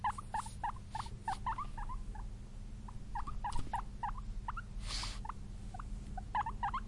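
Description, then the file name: Guinea pig squeaking: many short chirps in a rapid series with brief pauses, over a steady low hum and occasional rustling bursts. "cute guinea pig"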